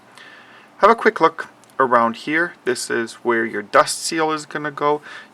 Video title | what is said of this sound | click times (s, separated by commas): Kia Soul EV Keyless Key Fob Battery Replacement. | just push down and it'll make a little clicking sound when it's perfectly seated in place | 0.2 s